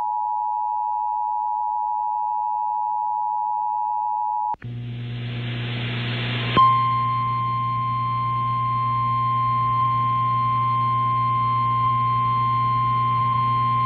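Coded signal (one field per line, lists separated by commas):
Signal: Emergency Alert System (SAME) tones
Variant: 853 and 960 Hz attention tone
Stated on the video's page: Flash flood warning received on AM/FM radio.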